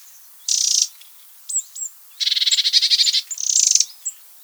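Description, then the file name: Eurasian wren churring harshly, with short buzzy bursts and one longer pulsed rattle, plus a few thin chirps. "Troglodytes troglodytes"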